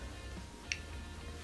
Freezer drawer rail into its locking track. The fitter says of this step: And I'm going to give it a little push to make sure I get the click on both sides.